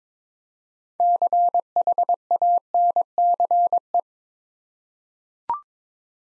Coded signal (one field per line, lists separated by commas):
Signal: Morse code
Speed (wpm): 21 wpm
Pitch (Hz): 700 Hz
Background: none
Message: CHANCE